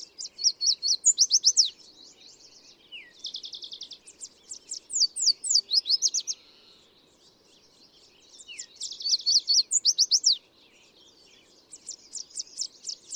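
Bird singing bright, fast phrases mixing buzzy trills and steep descending notes, with short gaps between songs and a soft background hum.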